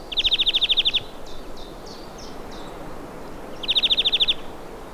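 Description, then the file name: European greenfinch calling: a quick rattling trill, a few short sliding chirps, then another matching trill, with faint hiss behind. "Chloris chloris"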